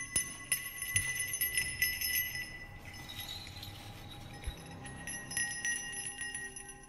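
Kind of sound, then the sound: sound effect, small bell jingling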